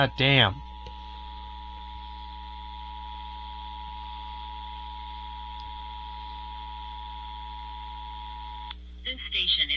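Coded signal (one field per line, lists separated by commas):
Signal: Emergency Alert System (SAME) tones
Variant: 853 and 960 Hz attention tone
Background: speech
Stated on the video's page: Compilation of EAS tests from October 2025.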